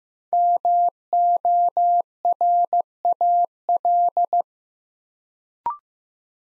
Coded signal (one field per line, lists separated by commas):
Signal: Morse code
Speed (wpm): 15 wpm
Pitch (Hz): 700 Hz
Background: none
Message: MORAL